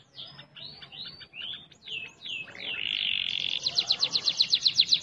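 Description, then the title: Canary song: slurred whistled phrases, a sustained buzzy note, then a fast, loud trill of repeated notes at the end. "Kenari"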